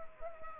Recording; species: mosquito wingbeat signal from an infrared sensor; Anopheles gambiae